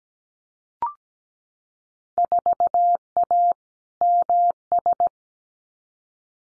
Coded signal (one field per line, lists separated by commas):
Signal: Morse code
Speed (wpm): 17 wpm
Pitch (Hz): 700 Hz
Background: none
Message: 4A MS